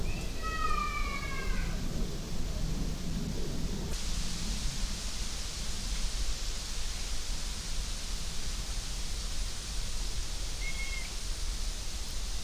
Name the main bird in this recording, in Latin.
Buteo buteo